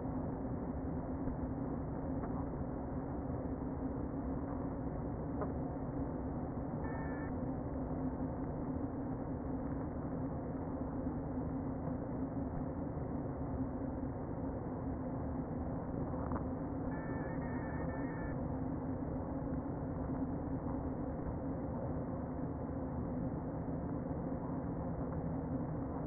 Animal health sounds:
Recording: honeybee colony, microphone inside the hive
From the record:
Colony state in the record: queen present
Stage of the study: before two queens were removed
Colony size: about 60,000 bees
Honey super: yes

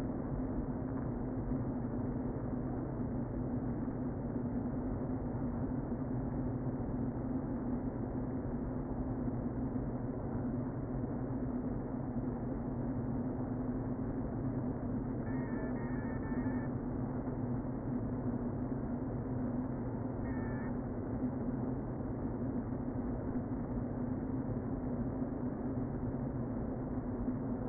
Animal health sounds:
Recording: honeybee colony, microphone inside the hive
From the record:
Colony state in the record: queen present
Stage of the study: before two queens were removed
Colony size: about 60,000 bees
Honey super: yes

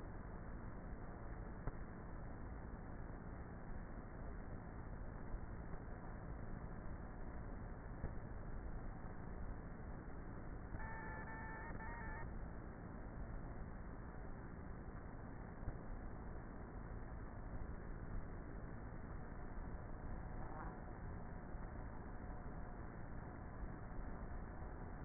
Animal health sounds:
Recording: honeybee colony, microphone inside the hive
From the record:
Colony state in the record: queenless with a low population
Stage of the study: before two queens were removed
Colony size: about 30,000 bees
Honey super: no

